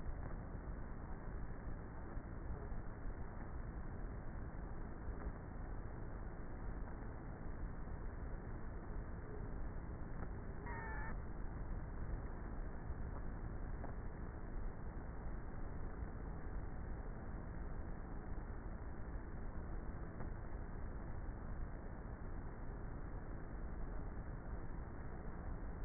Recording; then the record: honeybee colony, microphone inside the hive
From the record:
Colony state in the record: queenless with a low population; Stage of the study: before two queens were removed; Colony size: about 30,000 bees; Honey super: no